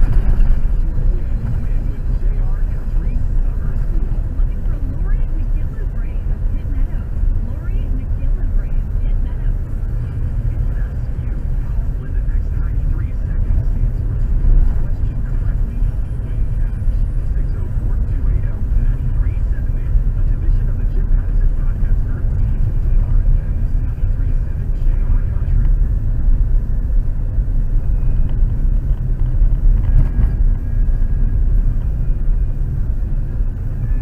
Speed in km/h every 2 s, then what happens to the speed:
26, 25, 26, 29, 34, 37, 37, 37, 39, 41, 39, 39, 39, 42, 40, 41, 42.
3-17 speeds up to 41. 17-34 steady at about 40.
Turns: none.